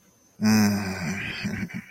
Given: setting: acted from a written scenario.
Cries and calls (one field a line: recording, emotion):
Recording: vocal sound without words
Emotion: romantic love